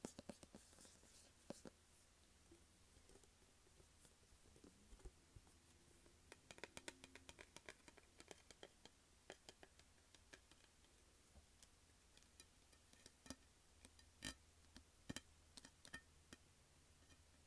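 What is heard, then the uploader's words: Sharp taps and scratches on a plastic case come in irregular bursts, busiest between about six and nine seconds, then thinning to scattered single clicks with a few louder hits near the end. A faint low hum runs steadily underneath throughout. Tapping and Scratching Plastic Case.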